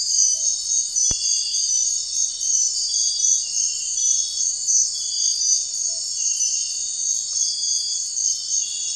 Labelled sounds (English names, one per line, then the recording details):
none
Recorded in secondary vegetation near Puerto Asís, Putumayo, Colombia, on 4 March 2025 at 04:30
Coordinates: 0.499, -76.323
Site G094